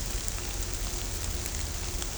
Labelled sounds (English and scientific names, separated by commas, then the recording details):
none
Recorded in shrubland near Pivijay, Magdalena, Colombia, on 1 June 2023 at 17:00
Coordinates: 10.453, -74.365
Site P5-G022